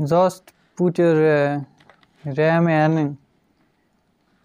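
A RAM module is put into the angled SO-DIMM slot of a laptop and lined up before being pressed down to latch, while someone talks. No other distinct sounds come through, and the module has not clicked or seated yet.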